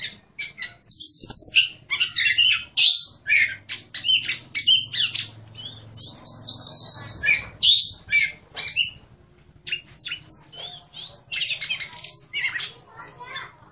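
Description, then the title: Oriental magpie-robin pouring out fast, varied chattering song with squeaky chirps and short whistles, slightly quieter near the end. "Kacer"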